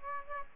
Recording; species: mosquito wingbeat signal from an infrared sensor; Aedes aegypti